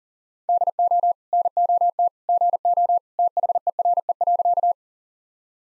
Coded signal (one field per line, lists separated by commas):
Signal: Morse code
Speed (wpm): 38 wpm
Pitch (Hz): 700 Hz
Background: none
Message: DO NOT GO THERE.